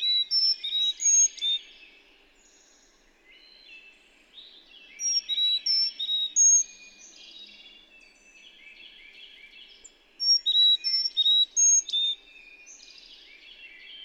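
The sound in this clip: Bird song throughout: clear whistled phrases of five or six notes repeated three times, over continuous soft chirping and twittering.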